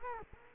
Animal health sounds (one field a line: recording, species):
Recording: mosquito wingbeat signal from an infrared sensor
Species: Culex quinquefasciatus